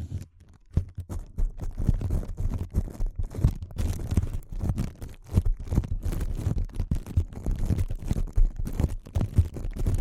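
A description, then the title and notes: Delicate tapping in quick, irregular clusters runs nearly continuously after a quieter first second, some taps sharper and brighter, over a low steady rumble. ASMR Delicate Tapping (No Talking).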